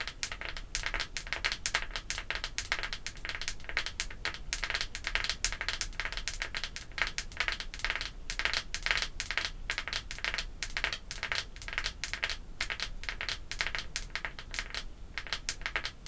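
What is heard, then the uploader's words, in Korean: Artificial nails tap rapidly on perfume bottles, caps and similar objects. Crisp, bright clicks come in a dense, fast, fairly even stream for the whole clip, with little change in loudness and a faint low hum underneath. 인조손톱 태핑. 향수, 뚜껑 등.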